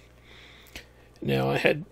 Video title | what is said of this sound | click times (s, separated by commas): Making A Dedicated Electronics Cart With A Hakko FX-888D Soldering Station | and it slides right in there locks in place and you know gives you a nice place to work | 0.8 s